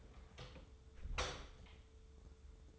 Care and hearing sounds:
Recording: daily activity, microphone in the room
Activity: close door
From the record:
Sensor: 3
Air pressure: 1015.2 hPa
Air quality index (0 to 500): 151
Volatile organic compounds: 9 ppm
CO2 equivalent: 2152 ppm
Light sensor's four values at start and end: 15/40/16/17 and 15/39/16/17

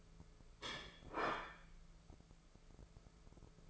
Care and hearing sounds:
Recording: daily activity, microphone in the room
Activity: place plate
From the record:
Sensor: 5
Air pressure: 1015.2 hPa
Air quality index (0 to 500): 205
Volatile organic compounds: 10 ppm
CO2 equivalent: 2253 ppm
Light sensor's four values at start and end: 58/136/56/58 and 61/143/59/62

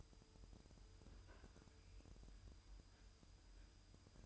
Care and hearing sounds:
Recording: daily activity, microphone in the room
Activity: open fridge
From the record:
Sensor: 2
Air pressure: 988.3 hPa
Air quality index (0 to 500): 192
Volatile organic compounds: 192 ppm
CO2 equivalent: 4187 ppm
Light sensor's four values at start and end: 21/71/28/26 and 21/71/28/26

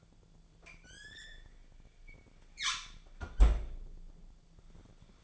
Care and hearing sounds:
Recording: daily activity, microphone in the room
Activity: close fridge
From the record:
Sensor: 5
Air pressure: 1009.8 hPa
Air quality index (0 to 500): 164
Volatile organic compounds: 4 ppm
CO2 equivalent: 1594 ppm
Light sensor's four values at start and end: 108/278/116/124 and 107/277/115/122

